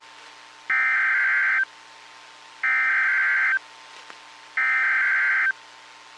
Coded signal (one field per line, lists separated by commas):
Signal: Emergency Alert System (SAME) tones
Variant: header bursts